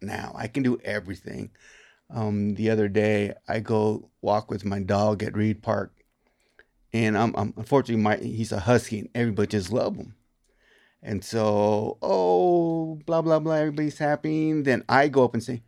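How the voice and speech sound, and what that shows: Adult man speaking with aphasia following a stroke 2.5 years ago; words are still a little difficult, and he is improving with therapy. Speech comes in short runs separated by frequent pauses, with fillers, grammatical errors and vague stock phrases.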